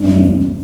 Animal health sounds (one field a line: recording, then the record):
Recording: squeal of a Yucatan mini pig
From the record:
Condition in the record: after surgery on the right vocal fold (resection and tissue-engineered implant)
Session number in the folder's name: 5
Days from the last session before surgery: 33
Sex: female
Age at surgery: 19 weeks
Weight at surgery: 25 kg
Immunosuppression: prednisolone